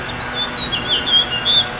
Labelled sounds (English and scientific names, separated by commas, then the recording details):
House Finch (Haemorhous mexicanus) song
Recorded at Glen Cove on Long Island, New York, on 14 June 2013
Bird B